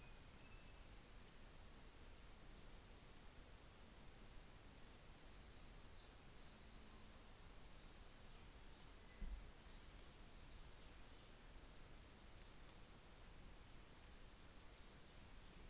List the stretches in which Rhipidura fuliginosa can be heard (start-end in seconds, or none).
none